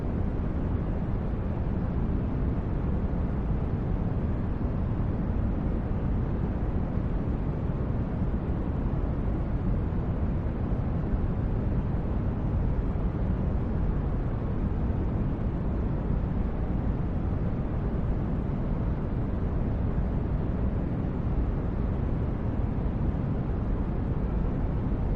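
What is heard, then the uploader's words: A steady wash of noise runs unbroken for the whole clip, with no events or changes in level. The sound is weighted toward a deep, rumbling low end and thins out toward the top, much like the constant drone inside a ship or vehicle. White Noise.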